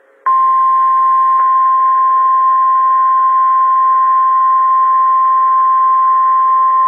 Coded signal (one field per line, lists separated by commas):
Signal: Emergency Alert System (SAME) tones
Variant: 1050 Hz attention tone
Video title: EAS #14 TORNADO WARNING (Jackson County AL)